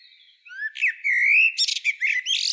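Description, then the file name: Common blackbird song: a slurred fluting whistle sliding upward, then bursts of high, scratchy twittering notes. "Turdus merula"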